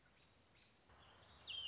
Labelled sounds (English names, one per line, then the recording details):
American Robin
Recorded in Sonoma County, California